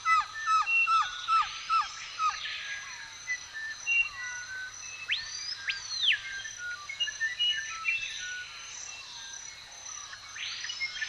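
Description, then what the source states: Birds chirping: a burst of rapid falling notes at the start, then repeated arched whistles and steady high chatter from many birds. Recorded in a forest.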